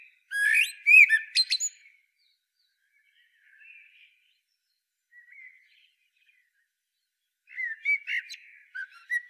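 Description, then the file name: Common blackbird song: a mellow fluted warble sliding into high squeaky twitters, then quiet soft notes and a second warbled phrase near the end. "Turdus merula"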